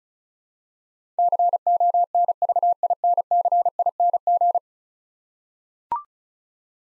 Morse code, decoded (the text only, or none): CONVINCING